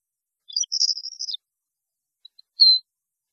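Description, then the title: European goldfinch song fragment, a brief high twittering burst followed by a single drawn-out note. "Chant Chardonneret"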